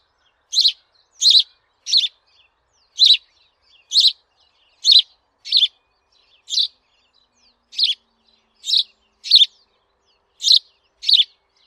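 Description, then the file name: House sparrow giving a series of sharp chirps, about thirteen in under twelve seconds, somewhat unevenly spaced against a quiet background. "Passer domesticus"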